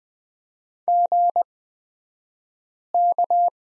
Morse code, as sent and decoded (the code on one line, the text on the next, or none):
--. -.-
GK